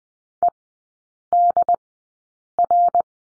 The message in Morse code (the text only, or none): EDR